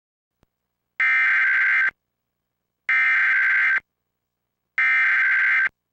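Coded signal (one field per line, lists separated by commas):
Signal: Emergency Alert System (SAME) tones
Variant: header bursts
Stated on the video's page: Recreation of the 2011 National EAS Test.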